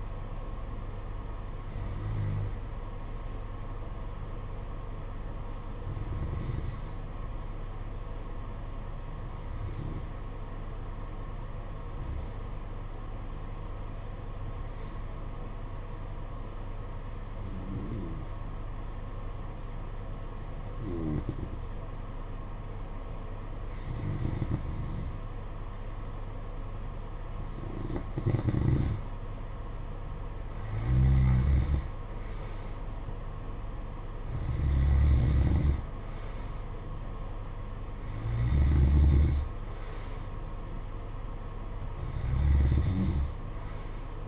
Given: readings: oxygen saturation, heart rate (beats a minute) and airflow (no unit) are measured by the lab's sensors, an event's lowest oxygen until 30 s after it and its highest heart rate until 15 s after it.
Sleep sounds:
breathing in sleep by a smartphone at the bedside; 1
3.00-26.40 s: hypopnea (N1, oxygen 95% highest, then 90% lowest, heart rate 52 at the start, 56 highest)
From the record:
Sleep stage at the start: N1 (lightest sleep); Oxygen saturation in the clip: 87 to 95%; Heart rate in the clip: 50 to 57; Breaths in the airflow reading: 13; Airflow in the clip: -10.4 to 7.2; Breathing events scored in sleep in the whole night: 476 in 9.7 hours asleep

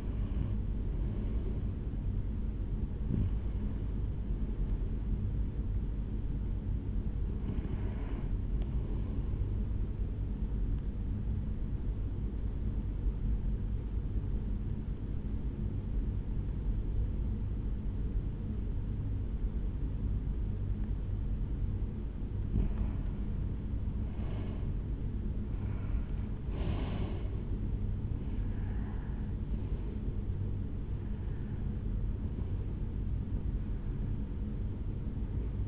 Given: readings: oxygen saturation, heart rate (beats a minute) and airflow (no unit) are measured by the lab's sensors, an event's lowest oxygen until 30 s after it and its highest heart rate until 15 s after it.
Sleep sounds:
breathing in sleep by a smartphone at the bedside; 1
0.00-8.00 s: awake
7.00-35.68 s: new sleep stage, N1 (lightest sleep)
10.00-22.50 s: hypopnea (N1, oxygen 98% highest, then 93% lowest, heart rate 69 at the start, 77 highest)
From the record:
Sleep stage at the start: awake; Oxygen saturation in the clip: 89 to 98%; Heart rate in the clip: 64 to 81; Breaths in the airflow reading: 8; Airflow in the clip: -9.0 to 10.2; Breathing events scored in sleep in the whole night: 449 in 7.0 hours asleep

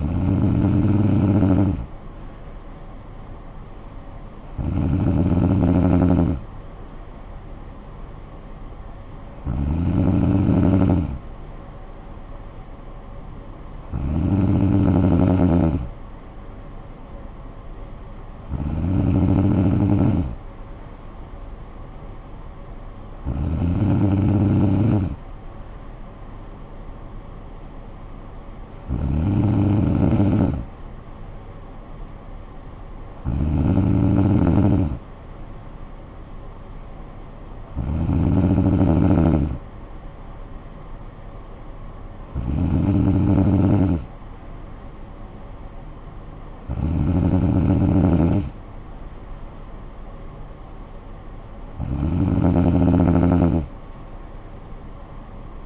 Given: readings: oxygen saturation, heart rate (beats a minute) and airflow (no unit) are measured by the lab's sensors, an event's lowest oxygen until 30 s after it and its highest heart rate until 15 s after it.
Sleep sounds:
breathing in sleep by a smartphone at the bedside; none
none scored
From the record:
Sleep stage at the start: N2 (light sleep); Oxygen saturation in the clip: 94%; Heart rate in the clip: 51 to 56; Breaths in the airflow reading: 12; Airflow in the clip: -10.4 to 6.6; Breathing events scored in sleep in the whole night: 445 in 7.6 hours asleep

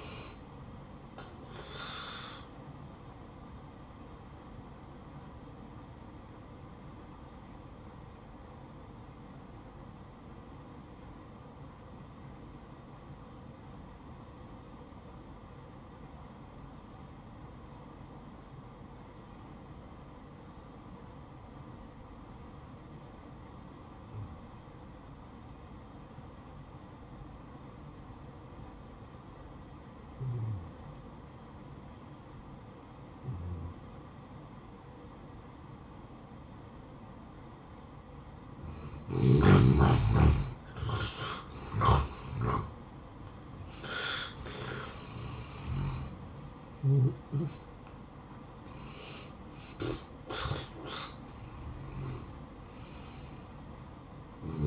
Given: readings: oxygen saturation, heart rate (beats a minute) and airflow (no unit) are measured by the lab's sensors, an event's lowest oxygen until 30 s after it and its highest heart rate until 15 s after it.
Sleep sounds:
breathing in sleep by a smartphone at the bedside; 1
4.00-40.90 s: hypopnea (N2, oxygen 94% highest, then 83% lowest, heart rate 76 at the start, 76 highest)
9.00-54.67 s: new sleep stage, N1 (lightest sleep)
From the record:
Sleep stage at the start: N2 (light sleep); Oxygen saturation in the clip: 83 to 94%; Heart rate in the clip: 56 to 76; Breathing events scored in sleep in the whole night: 573 in 9.8 hours asleep

